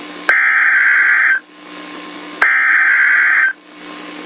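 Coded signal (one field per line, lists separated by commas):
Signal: Emergency Alert System (SAME) tones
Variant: header bursts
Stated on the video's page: Fictional EAS scenario, simulated alert.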